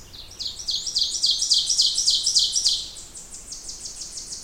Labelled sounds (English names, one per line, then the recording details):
Ovenbird song
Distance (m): 5 m
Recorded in boreal forest in Alberta, Canada, on 20 June 2016 at 06:40
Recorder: SongMeter 3, array SBT-6-81
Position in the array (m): 5 m, 287 m
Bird 26